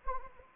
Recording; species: mosquito wingbeat signal from an infrared sensor; Anopheles arabiensis